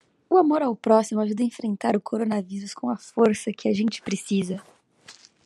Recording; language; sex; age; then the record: spoken sentence; Brazilian Portuguese; female; 20 to 29 years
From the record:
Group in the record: control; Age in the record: 23 years